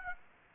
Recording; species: mosquito wingbeat signal from an infrared sensor; Aedes aegypti